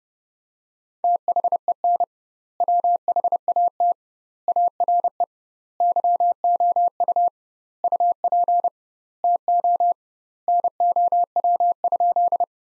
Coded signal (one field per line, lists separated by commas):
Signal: Morse code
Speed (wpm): 30 wpm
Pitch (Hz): 700 Hz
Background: none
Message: THEN WHAT ARE YOU UP TO NOW?